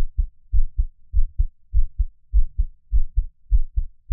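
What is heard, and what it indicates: Steady paired lub-dub heart sounds at about 100 beats a minute, a regular normal heartbeat from an adult, with no talking.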